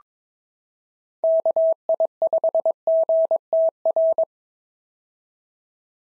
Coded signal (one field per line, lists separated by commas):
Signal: Morse code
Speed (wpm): 20 wpm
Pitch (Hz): 650 Hz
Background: none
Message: KI5GTR